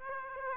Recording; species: mosquito wingbeat signal from an infrared sensor; Aedes aegypti